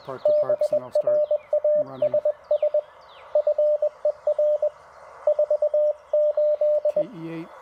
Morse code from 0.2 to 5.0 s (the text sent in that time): BRASS FER